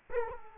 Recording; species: mosquito wingbeat signal from an infrared sensor; Culex quinquefasciatus